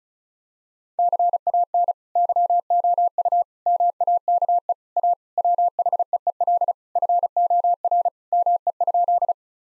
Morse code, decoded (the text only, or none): CAN YOU MAKE A WHEEL FOR ME?